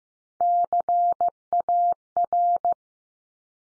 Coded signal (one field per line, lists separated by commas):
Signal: Morse code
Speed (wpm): 15 wpm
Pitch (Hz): 700 Hz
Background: none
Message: CAR